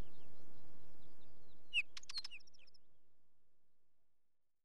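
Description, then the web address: Northern wheatear giving a short, sharp phrase of clicking and whistled notes, then quiet as the background fades away. "BBC Sound Effects Library. Wheatear"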